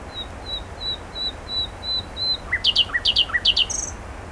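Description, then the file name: Common nightingale song: seven slow soft whistled notes at an even pitch, followed by a burst of loud sharp chirps and a brief high trill. "Luscinia megarhynchos"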